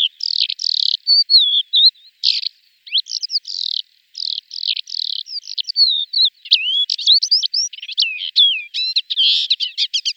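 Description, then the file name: Lesser short-toed lark song: a continuous stream of varied high chirps, short trills and quick rising and falling whistles, growing denser and buzzier toward the end. "Javoronok seryy"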